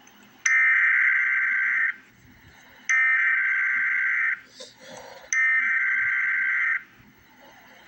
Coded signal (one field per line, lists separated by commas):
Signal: Emergency Alert System (SAME) tones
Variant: header bursts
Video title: Emergency Alert System - Wind Advisory - Dec 29, 2024 at 3:05 AM EST